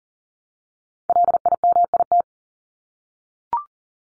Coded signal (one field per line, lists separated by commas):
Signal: Morse code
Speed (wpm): 40 wpm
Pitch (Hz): 700 Hz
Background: none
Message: LIMIT